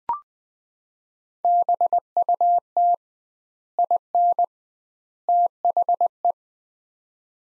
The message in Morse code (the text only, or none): BUT IN THE